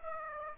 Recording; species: mosquito wingbeat signal from an infrared sensor; Aedes aegypti